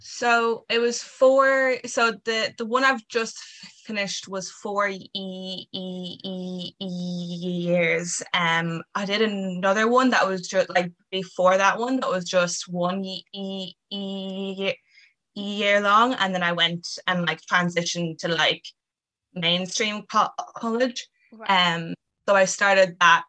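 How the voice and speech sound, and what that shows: A 23-year-old woman, a college graduate, speaking with stuttering: repeated, drawn-out sounds on 'years' and a blocked, repeated start on 'college', typical of stuttering. She has stuttered since age 3 and has been in and out of speech therapy.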